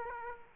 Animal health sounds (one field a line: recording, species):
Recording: mosquito wingbeat signal from an infrared sensor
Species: Aedes aegypti